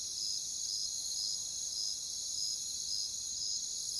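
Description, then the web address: Cricket chorus: a continuous shrill high buzz with a clear chirp repeated about twice per second over it. "Natures Songs Sleep Sounds of Nature CRICKETS Crickets"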